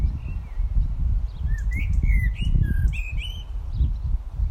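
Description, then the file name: Eurasian blackbird calling with a run of short whistled notes over a steady low rumble. "Turdus merula"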